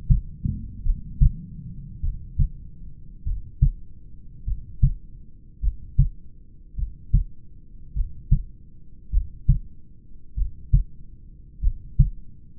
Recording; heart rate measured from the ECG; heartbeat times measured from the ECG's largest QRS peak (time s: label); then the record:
heart sounds by stethoscope; 50 bpm
0.88 s: heartbeat
2.06 s: heartbeat
3.29 s: heartbeat
4.50 s: heartbeat
5.65 s: heartbeat
6.80 s: heartbeat
7.98 s: heartbeat
9.15 s: heartbeat
10.39 s: heartbeat
11.65 s: heartbeat
From the record:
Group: heart failure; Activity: rest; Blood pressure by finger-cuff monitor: 119/69 mmHg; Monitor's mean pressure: 80 mmHg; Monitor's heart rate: 51 bpm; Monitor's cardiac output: 5.1 L/min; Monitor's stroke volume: 100 mL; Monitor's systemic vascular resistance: 1140 dyn s/cm5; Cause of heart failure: familial cardiomyopathy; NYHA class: 1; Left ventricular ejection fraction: 49%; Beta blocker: bisoprolol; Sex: male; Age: 31 years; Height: 194 cm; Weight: 96 kg